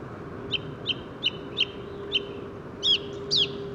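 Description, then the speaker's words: Song thrush singing a clear, sharp note repeated five times in steady succession, then switching to two different, higher, more complex phrases. Song thrush was the first bird singing that day, New Year's Day, 1 January 2018, Bois de Vincennes, during New Year bird count, mild weather of storm Carmen; parabolic microphone. "Donc le Grive musicienne, c'est elle qui a ouvert le bal aujourd'hui."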